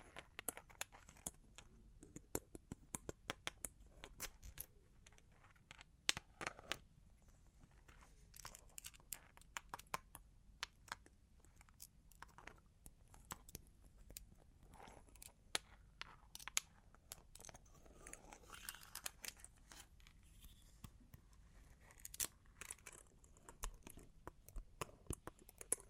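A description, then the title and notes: Long claws tap and scratch in dense, irregular bursts of sharp clicks, with brighter crunchy flurries around six and twenty-two seconds. Long Claws Tapping and Scratching (No Talking).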